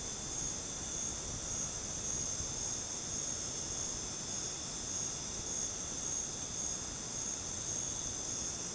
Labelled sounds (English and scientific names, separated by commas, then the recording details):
none
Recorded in dense forest near Puerto Asís, Putumayo, Colombia, on 13 March 2025 at 19:30
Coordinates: 0.486, -76.317
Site G053